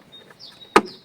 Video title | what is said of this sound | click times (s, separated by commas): 2015 CHEVROLET SONIC MAINTENANCE SERVICE: FILTERS AND OIL CHANGE 🚗 | Listen for the click when you close it. | 0.8 s